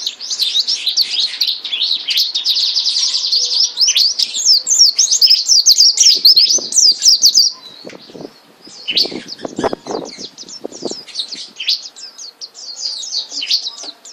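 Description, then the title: White-eye song: dense, continuous high twittering for several seconds, then quieter chirped phrases mixed with some clicks and knocks. Indonesian listing calls it pleci mata putih dada kuning, white-eyed and yellow-breasted, singing gacor, continuously and vigorously. "Pleci Mata Putih Dada Kuning Gacor Dor"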